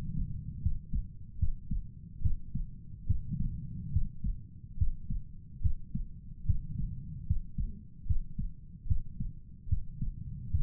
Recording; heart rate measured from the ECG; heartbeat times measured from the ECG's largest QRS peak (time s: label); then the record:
heart sounds by stethoscope; 73 bpm
0.62 s: heartbeat
1.39 s: heartbeat
2.22 s: heartbeat
3.07 s: heartbeat
3.92 s: heartbeat
4.78 s: heartbeat
5.61 s: heartbeat
6.46 s: heartbeat
7.26 s: heartbeat
8.06 s: heartbeat
8.87 s: heartbeat
9.69 s: heartbeat
10.50 s: heartbeat
From the record:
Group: healthy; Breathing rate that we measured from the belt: 18 breaths a minute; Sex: male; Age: 35 years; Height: 178 cm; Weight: 64 kg